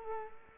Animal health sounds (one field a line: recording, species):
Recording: mosquito wingbeat signal from an infrared sensor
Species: Culex quinquefasciatus